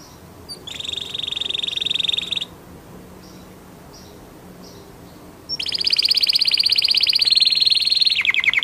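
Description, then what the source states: Canary song: a rapid, buzzy trill held for about a second and a half, then a pause, then a longer run of fast trills that changes pitch and speed near the end. Orange canary; lure recording played to prompt a canary that has stopped singing to start singing again.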